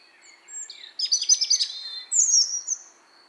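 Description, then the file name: European robin delivering one phrase: soft thin notes, then a rapid jangling twitter and a final high squeaky flourish. "Erithacus rubecula"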